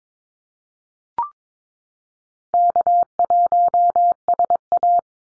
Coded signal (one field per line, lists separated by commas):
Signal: Morse code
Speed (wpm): 22 wpm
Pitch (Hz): 700 Hz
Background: none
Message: K1SA